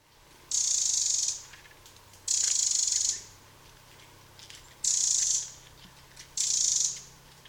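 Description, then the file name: Eurasian wren calls: four very high, bright bursts, each under a second long, separated by short pauses, over a faint low hum. "Troglodytes troglodytes"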